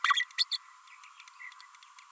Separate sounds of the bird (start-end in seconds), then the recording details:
0.04-0.25, 0.38-0.44, 0.51-0.57. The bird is a female. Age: 30 days. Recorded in a nest box in Venezuela. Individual 17B32A5